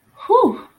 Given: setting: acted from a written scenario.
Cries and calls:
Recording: vocal sound without words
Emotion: relief

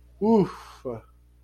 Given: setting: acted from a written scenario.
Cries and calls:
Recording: vocal sound without words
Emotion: realization

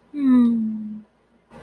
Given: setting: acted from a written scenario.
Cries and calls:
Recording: vocal sound without words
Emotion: romantic love

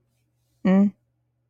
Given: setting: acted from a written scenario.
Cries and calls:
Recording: vocal sound without words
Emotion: neutral

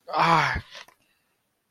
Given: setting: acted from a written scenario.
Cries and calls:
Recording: vocal sound without words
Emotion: pain

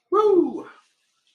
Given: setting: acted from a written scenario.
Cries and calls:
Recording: vocal sound without words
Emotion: elation

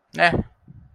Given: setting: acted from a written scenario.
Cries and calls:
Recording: vocal sound without words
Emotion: neutral

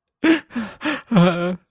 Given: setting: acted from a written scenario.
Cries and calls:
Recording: vocal sound without words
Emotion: sadness

